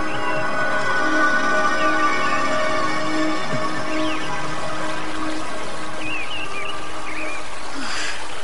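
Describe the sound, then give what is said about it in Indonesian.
A steady, unbroken rush of water from a small river not far from the gate of a royal city fills the whole stretch, with a few brief, high bird chirps flickering over it toward the end. “Sementara itu, Cempaka yang berada di luar kota raja kini tiba di pinggir sebuah sungai kecil yang tak jauh dari gerbang kota raja.”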